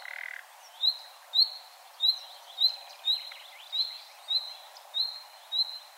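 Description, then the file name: Common nightingale call series: a short raspy note, then clear upward-sweeping whistles in a steady series, against a soft noisy background. "Luscinia megarhynchos"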